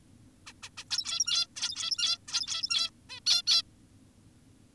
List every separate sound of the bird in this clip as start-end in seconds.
0.47-0.53, 0.63-0.70, 0.78-0.84, 0.91-1.47, 1.56-2.18, 2.28-2.90, 3.10-3.20, 3.26-3.42, 3.47-3.62